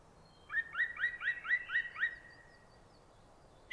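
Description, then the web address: Song thrush song: one short rising-and-falling note repeated about seven times in quick succession, then a pause before a sharp high note begins. "cianscape birddata Deverinetal 2025"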